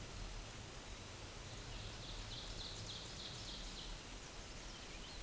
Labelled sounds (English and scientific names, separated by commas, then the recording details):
Ovenbird (Seiurus aurocapilla) song
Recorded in a Pennsylvania forest on 17 May 2023 at 13:01
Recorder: AudioMoth, point grid1_13_low
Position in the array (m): 132 m, 68 m